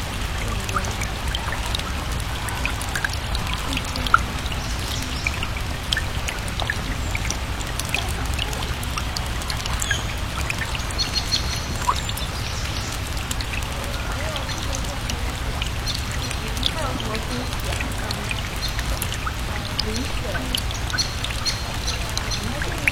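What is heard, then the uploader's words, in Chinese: Steady rain falls throughout, a dense patter of drops with frequent sharp ticks. A constant low rumble sits underneath, and faint high bird chirps surface now and then, especially in the second half. 雨声行人鸟儿飞机 舒适自然 大自然的声音。声音都是我亲自去田野里录的。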